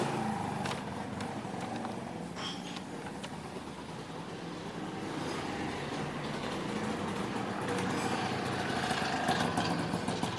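Street sound in Taormina, Sicily: a steady, dense low rumble of vehicle engines runs throughout, with a faint mid-pitched hum. Short sharp clicks and taps break in every second or so, and the overall level swells slightly toward the end.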